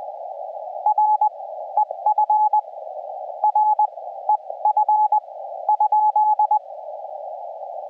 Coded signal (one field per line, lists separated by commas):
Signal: Morse code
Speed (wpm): 20 wpm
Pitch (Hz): 850 Hz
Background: radio noise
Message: REF REF ?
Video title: 2. Save by North America DX This Day on CW POTA Activation